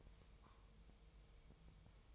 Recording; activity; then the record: daily activity, microphone in the room; take from stove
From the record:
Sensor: 1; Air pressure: 999.4 hPa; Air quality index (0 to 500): 199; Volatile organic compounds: 40 ppm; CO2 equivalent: 3147 ppm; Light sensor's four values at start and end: 9/22/8/9 and 9/22/8/9